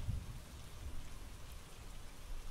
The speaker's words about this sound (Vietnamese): Từ cái nón, nước mưa cứ thế mà nhỏ tong tỏng xuống. Những giọt nước mưa lạnh như nước đá rội vào trên người bà.